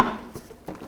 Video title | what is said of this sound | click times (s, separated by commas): How to Replace Fog Light 2004-2015 Nissan Titan | the clicks that you're hearing are those two pins locking in to the white retainers | 0.0 s, 0.7 s